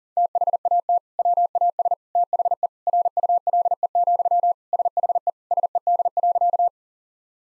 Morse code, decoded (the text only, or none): THAT WAS THE RULE, SHE SED.